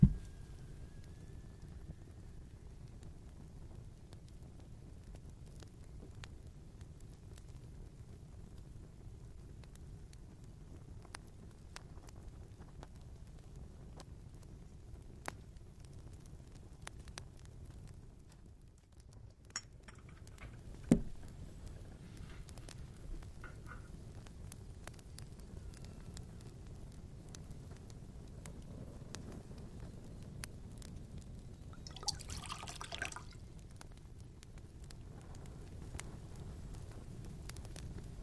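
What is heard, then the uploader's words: A fire crackles softly in a fireplace, with sparse sharp pops scattered through a steady low rumble that fills the room. The sound stays even and quiet throughout, with a brief lull near the nineteenth second and a faint hiss around the thirty-second mark. Quiet tavern asmr ambience. It's pretty quiet tonight. Fire crackles gently from fireplace at the corner of the room.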